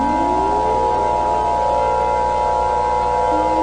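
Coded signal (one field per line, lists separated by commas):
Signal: Emergency Alert System (SAME) tones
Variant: 853 and 960 Hz attention tone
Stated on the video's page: Fictional EAS scenario about acid weather, simulated alert.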